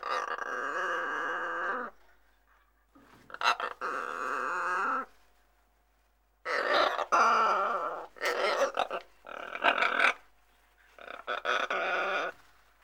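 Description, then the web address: Macaw giving harsh, raucous squawks in six bursts of one to two seconds each, separated by short silences, some rough and grating, others more nasal. "KMP Film Video Sound Effects. Ara - Papegaai"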